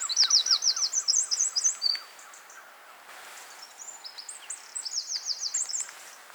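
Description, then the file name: Eurasian wren song, two loud bursts of high rapid notes each with a rattling trill, separated by a brief quiet spell. "Troglodytes troglodytes"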